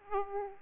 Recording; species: mosquito wingbeat signal from an infrared sensor; Aedes aegypti